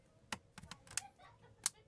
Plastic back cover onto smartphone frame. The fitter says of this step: Ayan o. Tutunog yan pagka nag-lock na siya.